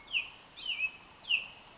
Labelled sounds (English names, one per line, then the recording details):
American Robin
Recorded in Sonoma County, California